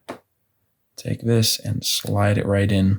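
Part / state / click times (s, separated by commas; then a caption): plastic key fob housing halves / seated / 0.1 s. The two plastic halves of a 2009–2011 Volkswagen CC key fob housing are squeezed back together after a battery change, giving one sharp snap at 0.1 s as they seat. After a short silence, someone talks from about 1.0 s to the end.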